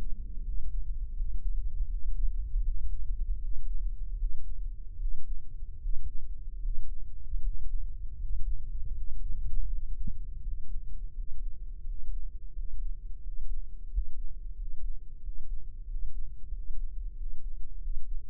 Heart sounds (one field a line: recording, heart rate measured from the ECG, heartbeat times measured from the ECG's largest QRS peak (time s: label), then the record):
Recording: heart sounds by microphone in the right ear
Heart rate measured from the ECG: 83 bpm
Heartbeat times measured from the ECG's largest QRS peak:
0.40 s: heartbeat
1.12 s: heartbeat
1.85 s: heartbeat
2.61 s: heartbeat
3.37 s: heartbeat
4.15 s: heartbeat
4.96 s: heartbeat
5.77 s: heartbeat
6.59 s: heartbeat
7.39 s: heartbeat
8.15 s: heartbeat
8.91 s: heartbeat
9.66 s: heartbeat
10.39 s: heartbeat
11.11 s: heartbeat
11.82 s: heartbeat
12.51 s: heartbeat
13.19 s: heartbeat
13.87 s: heartbeat
14.53 s: heartbeat
15.19 s: heartbeat
15.84 s: heartbeat
16.50 s: heartbeat
17.14 s: heartbeat
17.78 s: heartbeat
From the record:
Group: healthy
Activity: breath hold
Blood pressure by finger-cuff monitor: 85/63 mmHg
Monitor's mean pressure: 66 mmHg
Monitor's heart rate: 84 bpm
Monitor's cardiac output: 6.8 L/min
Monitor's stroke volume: 84 mL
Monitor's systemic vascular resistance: 610 dyn s/cm5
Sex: male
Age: 23 years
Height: 178 cm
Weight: 96.6 kg